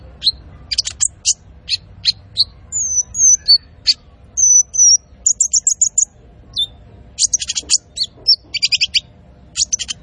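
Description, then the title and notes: Van Hasselt's sunbird song: rapid high thin notes, sharp ticks and short whistled slurs in varied bursts. Masteran used to train cage birds and as a lure; full fill-ins and shots, energetic singing. "MASTERAN KOLIBRI NINJA FULL ISIAN DAN TEMBAKAN COCOK BUAT PANCINGAN. Suara Burung Kolibri Ninja Gacor"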